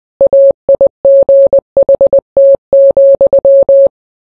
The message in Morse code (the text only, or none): AIGHT,